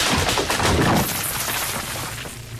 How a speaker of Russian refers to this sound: Старые стены стали осыпаться. Потолок начал рушиться.